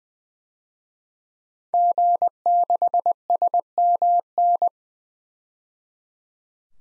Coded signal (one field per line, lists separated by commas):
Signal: Morse code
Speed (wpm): 20 wpm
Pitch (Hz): 700 Hz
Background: none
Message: G6SMN